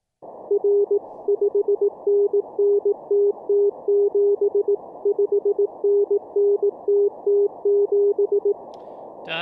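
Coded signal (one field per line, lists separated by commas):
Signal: Morse code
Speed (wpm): 18 wpm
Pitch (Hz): 400 Hz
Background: none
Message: R 5NNTT7 5NNTT7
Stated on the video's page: Morse practice during a live-streamed daily CW learning session.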